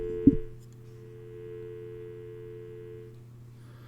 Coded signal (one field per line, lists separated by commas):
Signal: telephone call progress tone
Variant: North America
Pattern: dial tone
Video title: Candlestick Phone Assembly - Part 3